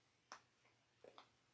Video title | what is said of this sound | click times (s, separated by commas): Ally City/ Commuter Tote Tutorial | and they kind of snap in place | 0.3 s, 1.2 s